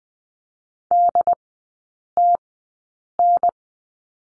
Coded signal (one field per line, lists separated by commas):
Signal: Morse code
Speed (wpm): 20 wpm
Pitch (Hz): 700 Hz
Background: none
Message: DTN